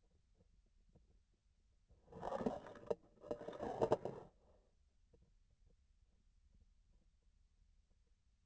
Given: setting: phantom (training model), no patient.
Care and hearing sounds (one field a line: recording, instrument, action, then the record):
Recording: laparoscopic instrument, vibration sensor on the handle end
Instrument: grasping forceps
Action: approaching and retracting movements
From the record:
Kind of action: spatial motion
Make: other than Olympus